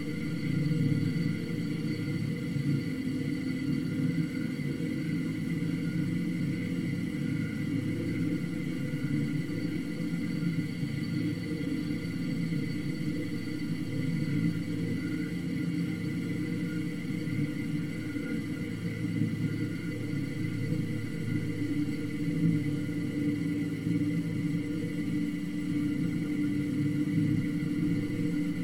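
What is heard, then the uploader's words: A hyperspace sleep chamber hums with a constant, dense low drone, thick and rumbling like an engine idling. Faint steady tones sit above it, with a thin hiss on top. Nothing changes or stands out over the whole stretch. The Ambient Spaceship Soundscape.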